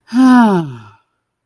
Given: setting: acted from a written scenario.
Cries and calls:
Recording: vocal sound without words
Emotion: ecstasy

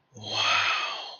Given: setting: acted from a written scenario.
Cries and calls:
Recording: vocal sound without words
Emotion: romantic love

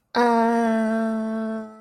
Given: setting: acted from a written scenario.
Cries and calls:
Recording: vocal sound without words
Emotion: confusion

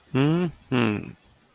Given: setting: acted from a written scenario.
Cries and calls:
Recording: vocal sound without words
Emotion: pride

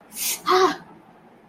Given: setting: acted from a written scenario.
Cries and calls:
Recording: vocal sound without words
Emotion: negative surprise

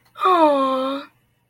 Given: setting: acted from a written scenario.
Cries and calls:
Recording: vocal sound without words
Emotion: adoration

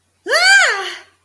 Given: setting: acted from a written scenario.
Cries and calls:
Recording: vocal sound without words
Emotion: elation

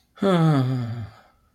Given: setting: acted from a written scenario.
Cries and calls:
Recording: vocal sound without words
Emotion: sadness

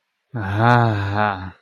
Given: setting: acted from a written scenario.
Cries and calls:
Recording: vocal sound without words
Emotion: desire

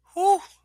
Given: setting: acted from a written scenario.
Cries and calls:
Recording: vocal sound without words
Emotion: relief

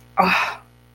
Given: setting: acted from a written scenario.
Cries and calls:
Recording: vocal sound without words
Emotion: contempt

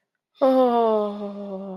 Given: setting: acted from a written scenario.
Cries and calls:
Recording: vocal sound without words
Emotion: ecstasy

